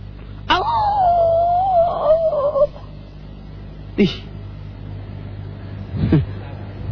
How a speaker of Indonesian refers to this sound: Lolongan anjing itu karena mendengarkan rintian orang-orang di dalam kubur.